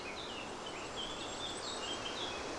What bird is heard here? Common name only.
Eurasian Blackcap